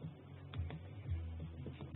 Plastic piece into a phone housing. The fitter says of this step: gonna be a very faint click but it's there